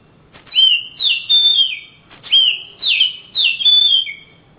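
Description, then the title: Oriental magpie-robin song of several strong, rich whistles, each sweeping down in pitch. Kacer, described as a champion master singer from Kalimantan and Sumatra, singing energetically (gacor). "Kicau Kacer Juara Master Kalimantan Sumatra Gacor"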